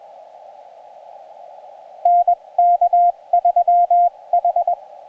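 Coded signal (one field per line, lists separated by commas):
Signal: Morse code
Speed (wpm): 21 wpm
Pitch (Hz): 700 Hz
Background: radio noise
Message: NK3H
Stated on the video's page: Morse from a Summits on the Air activation, on 2-meter CW with the PackTenna TrekMount antenna and on HF bands.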